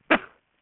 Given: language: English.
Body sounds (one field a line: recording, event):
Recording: throat vibration sensor signal played as sound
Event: cough